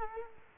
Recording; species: mosquito wingbeat signal from an infrared sensor; Culex quinquefasciatus